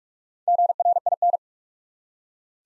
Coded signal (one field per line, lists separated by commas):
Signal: Morse code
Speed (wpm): 44 wpm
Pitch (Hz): 700 Hz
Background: none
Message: GRIN